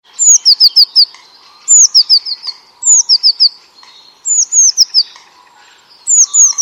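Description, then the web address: Bird calling in quick high-pitched bursts, each a rapid string of downslurred whistled chirps, about five bursts in a row, with faint other bird sounds behind. "Deverinetal 2025. Bird Only"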